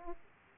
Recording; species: mosquito wingbeat signal from an infrared sensor; Aedes aegypti